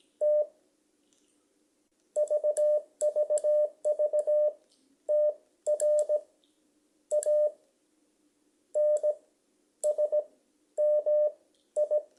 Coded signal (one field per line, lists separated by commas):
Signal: Morse code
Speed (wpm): 17 wpm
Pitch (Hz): 600 Hz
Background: none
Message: T VVV TRANSMI